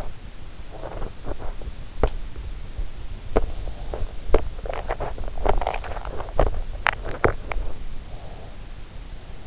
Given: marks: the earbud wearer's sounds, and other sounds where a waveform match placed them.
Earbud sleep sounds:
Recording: sounds in sleep by an in-ear microphone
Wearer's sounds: teeth grinding, swallowing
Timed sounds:
0.74-1.40 s: teeth grinding
1.91-2.22 s: sound from someone else or the room
2.78-3.58 s: teeth grinding
4.31-5.08 s: teeth grinding
5.37-5.77 s: swallowing
6.31-7.43 s: swallowing

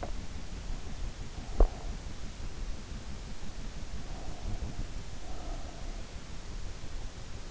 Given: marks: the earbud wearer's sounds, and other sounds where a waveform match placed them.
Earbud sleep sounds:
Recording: sounds in sleep by an in-ear microphone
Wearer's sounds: teeth grinding, breath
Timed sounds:
1.42-1.91 s: teeth grinding
3.89-6.15 s: breath

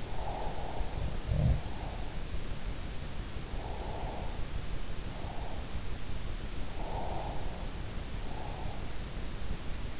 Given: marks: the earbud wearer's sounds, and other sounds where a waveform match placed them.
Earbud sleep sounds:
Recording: sounds in sleep by an in-ear microphone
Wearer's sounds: breath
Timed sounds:
0.00-0.85 s: breath
0.85-1.94 s: sound from someone else or the room
3.65-5.55 s: breath
7.01-8.87 s: breath

